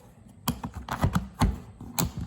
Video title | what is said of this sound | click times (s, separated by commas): RZR XP 1000 Quick Hood Pin Install | and you'll hear it click. | 0.5 s